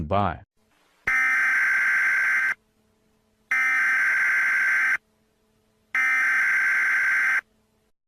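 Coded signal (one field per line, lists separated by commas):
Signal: Emergency Alert System (SAME) tones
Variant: header bursts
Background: speech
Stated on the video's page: Fictional alert for a chat information service.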